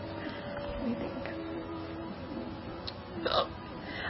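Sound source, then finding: Adult woman. Hiccups.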